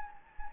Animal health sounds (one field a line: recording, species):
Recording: mosquito wingbeat signal from an infrared sensor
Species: Anopheles gambiae